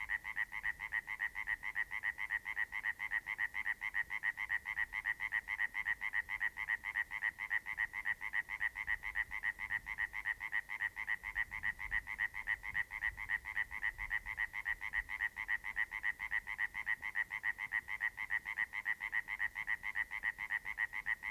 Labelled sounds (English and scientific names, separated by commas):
Common Tree Frog (Hyla arborea) call